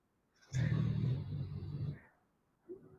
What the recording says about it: My dog is snoring really loudly in the background. I have a very large dog. When he snores, it sounds like a motor.